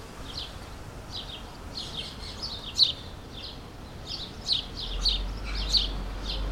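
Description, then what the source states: Sparrows chirp in scattered short notes, a few louder single chirps standing out, with a low rumble underneath. Suburban ambient recording, May 2022, several sparrows.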